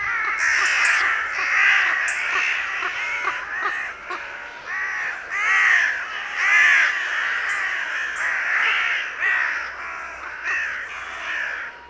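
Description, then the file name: Carrion crow cawing, harsh caws in quick irregular succession, roughly one per second, continuous throughout. "Corvus corone"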